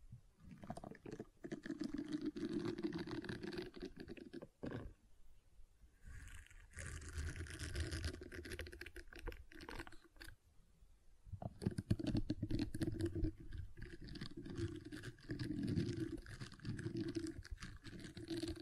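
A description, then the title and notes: Gentle silicone sounds: soft squishing, tapping and pattering made by hand, with a dense run of small clicks and rubbery presses through most of the clip. The handling quiets briefly around five seconds and again near eleven, then returns fuller and steadier to the end. ASMR Gentle Silicon Sounds for Sleep (No Talking).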